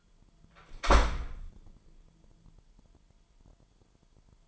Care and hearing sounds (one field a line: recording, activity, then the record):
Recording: daily activity, microphone in the room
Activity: close door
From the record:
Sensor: 5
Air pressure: 998.5 hPa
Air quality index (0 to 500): 83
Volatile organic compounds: 1 ppm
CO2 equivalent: 944 ppm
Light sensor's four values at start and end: 31/76/31/34 and 31/75/31/34